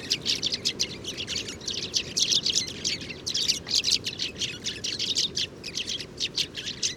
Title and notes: Moineau doré ou Moineau jaune - Mauritanie. 7 mars 2019-Oued Enoicre - Tagant - Mauritanie